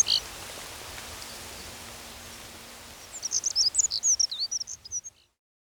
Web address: Black-Throated Accentor Song